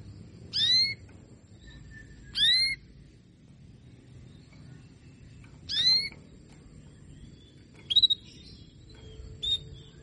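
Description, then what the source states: Canary calls: three short sweeping notes with a harmonic stack at irregular intervals, then two shorter chirps, over a low steady hum. Female canary calls played to stimulate lazy males into singing, aimed at Belgian canaries.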